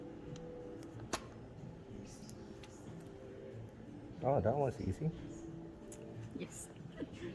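While swapping the pin buckle on a Panerai Luminor Marina (PAM1312) leather strap for a deployment clasp, a metal part, the spring bar or clasp, is handled and pressed toward the strap or lugs. Faint, sharp ticks sound now and then, the clearest near 1.1 s, and someone talks in the second half over low background noise. Nothing has seated or clicked into place yet.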